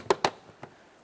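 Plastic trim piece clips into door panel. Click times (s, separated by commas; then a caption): 0.1 s, 0.2 s. The last plastic trim piece is pressed into place on the front door panel of a 2007-2012 Nissan Versa after a power window motor replacement. Two strong, sharp clicks are heard at 0.1 s and 0.3 s, followed by a much fainter tick around 0.6 s. The trim clips snap in and the piece is seated.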